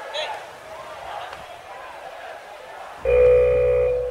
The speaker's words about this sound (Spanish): Y suena ya la alarma, o sea que nos despedimos.